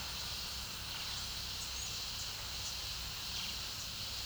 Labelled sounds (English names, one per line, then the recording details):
none
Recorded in pastures near Puerto Asís, Putumayo, Colombia, on 12 March 2025 at 11:30
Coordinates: 0.497, -76.327
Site G072